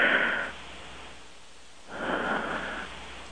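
Two soft, airy breaths from a sleeping adult woman breathing right into a telephone; quiet, even breathing without a clear snore, audible only because her mouth is within inches of the phone.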